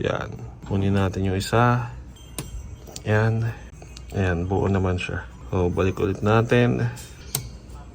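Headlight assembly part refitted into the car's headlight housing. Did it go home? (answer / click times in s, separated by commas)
yes / 7.3 s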